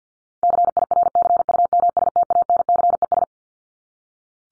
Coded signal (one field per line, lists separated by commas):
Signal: Morse code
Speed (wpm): 50 wpm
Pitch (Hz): 700 Hz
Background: none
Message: CIRCUMSTANCES